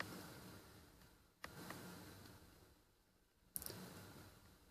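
Crimped wire terminals for a Raspberry Pi temperature sensor are pushed into a small plastic connector housing, with a soft tap at 1.4 s over low background hiss. A faint, sharp click like tapping fingernails comes at 3.6 s, followed by a couple of tiny ticks, and the terminals are seated in the housing.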